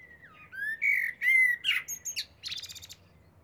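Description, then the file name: Eurasian blackbird song: fluty warbled phrases that slide and rise, then a burst of thin, squeaky high twittering at the end. "Turdus merula"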